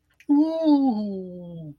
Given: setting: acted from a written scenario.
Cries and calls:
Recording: vocal sound without words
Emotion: interest

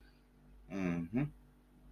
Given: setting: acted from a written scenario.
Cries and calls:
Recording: vocal sound without words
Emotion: pride

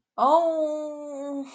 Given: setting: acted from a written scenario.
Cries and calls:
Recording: vocal sound without words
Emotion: ecstasy

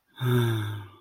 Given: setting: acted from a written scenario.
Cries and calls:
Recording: vocal sound without words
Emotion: serenity

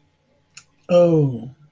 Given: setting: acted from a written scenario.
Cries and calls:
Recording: vocal sound without words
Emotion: guilt

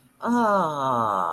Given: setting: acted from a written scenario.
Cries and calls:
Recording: vocal sound without words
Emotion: awe

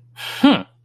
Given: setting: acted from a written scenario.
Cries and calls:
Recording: vocal sound without words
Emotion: pride

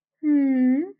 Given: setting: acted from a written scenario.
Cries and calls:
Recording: vocal sound without words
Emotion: adoration

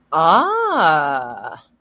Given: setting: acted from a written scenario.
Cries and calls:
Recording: vocal sound without words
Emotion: realization

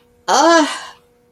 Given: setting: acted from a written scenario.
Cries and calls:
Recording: vocal sound without words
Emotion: pain

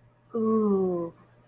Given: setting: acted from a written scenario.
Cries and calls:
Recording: vocal sound without words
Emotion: awe

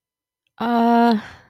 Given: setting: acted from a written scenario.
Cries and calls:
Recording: vocal sound without words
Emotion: guilt

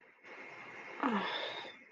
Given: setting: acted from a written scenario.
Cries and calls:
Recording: vocal sound without words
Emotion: romantic love

